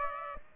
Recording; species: mosquito wingbeat signal from an infrared sensor; Aedes aegypti